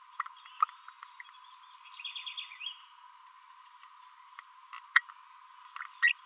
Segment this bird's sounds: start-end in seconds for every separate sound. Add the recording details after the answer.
6.03-6.12. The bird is a female. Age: 28 days. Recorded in a nest box in Venezuela. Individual 17B42B2